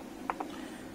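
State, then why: Seated. An 8-pin BIOS flash IC for an Acer Aspire One 14 Z1401-C2H9 laptop (board MBPNCBT414-1320), placed with tweezers into a spring-loaded programmer socket adapter, seats with two short, sharp clicks at 0.3 s and 0.4 s as the adapter is pressed on the left and right and then released. The chip drops in and the socket locks automatically, with low background hum before and after.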